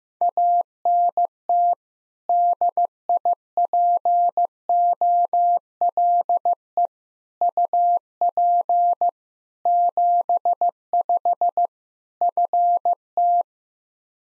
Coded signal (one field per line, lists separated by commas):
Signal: Morse code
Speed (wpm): 15 wpm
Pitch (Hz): 700 Hz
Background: none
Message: ANT DIPOLE UP 75 FT